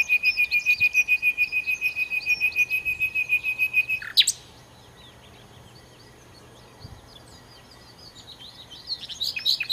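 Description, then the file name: Common nightingale repeating one steady pulsing note very rapidly for about four seconds, ending with a sharp note, then near quiet before faint chirps return. "Nachtigall"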